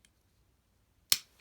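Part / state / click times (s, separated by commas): leg assembly of a transforming robot toy / seated / 1.1 s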